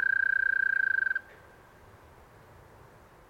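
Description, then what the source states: Eastern American toad's steady buzzy trill ending after about a second, followed by quiet background hiss. Single toad, long trilling call, 9:20pm, 30 April 2015, west Dyke Marsh behind River Towers, left of beaver lodge; 70 degrees, light breeze; Fostex FR-2, Sennheiser ME 62, Telinga parabola; high-pass filtered to cut traffic.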